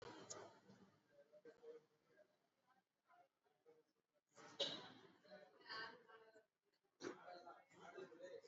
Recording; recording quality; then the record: deep breathing; poor, much background noise or distortion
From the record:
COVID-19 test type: RT-PCR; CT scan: not taken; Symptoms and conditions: none ticked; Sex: male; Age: 33 years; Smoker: no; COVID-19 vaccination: both doses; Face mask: worn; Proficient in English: yes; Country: India